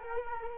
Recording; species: mosquito wingbeat signal from an infrared sensor; Culex quinquefasciatus